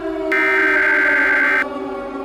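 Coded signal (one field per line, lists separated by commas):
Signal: Emergency Alert System (SAME) tones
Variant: header bursts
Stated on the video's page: Fictional EAS scenario about a nextbot attack, not a real alert.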